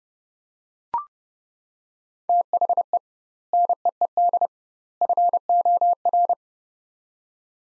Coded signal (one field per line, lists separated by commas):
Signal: Morse code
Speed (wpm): 31 wpm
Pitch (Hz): 700 Hz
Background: none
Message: THE NEED FOR